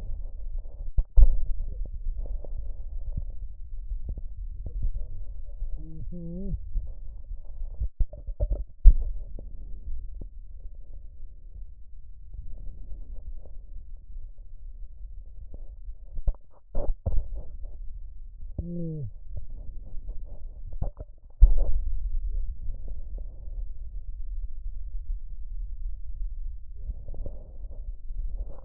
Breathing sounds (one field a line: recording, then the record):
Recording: lung sounds by stethoscope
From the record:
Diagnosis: chronic bronchitis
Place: left posterior upper chest